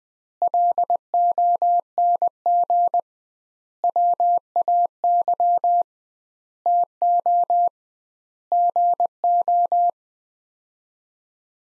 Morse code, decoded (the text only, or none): LONG WAY TO GO